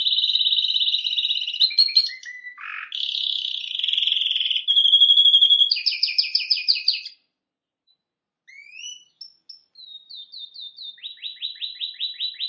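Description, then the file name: Canary song with long rolling trills, a dip into a low buzzy note, rapid pulsed tours, a short silence, then rising whistles and a repeated descending chip series. "Canary Voice"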